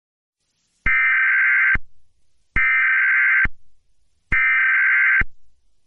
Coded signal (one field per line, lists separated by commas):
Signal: Emergency Alert System (SAME) tones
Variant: header bursts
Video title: EAS Scenario #1 (Piggy)